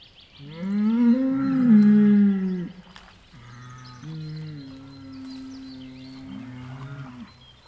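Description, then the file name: Domestic cattle (bull): cattle mooing: a long, loud, wavering low moo, then a second drawn-out moo at lower level. Bulls in water, mooing and calling nearby, among reeds. "Bullen im Wasser Muhen nahe Schreie Schilf Vögel"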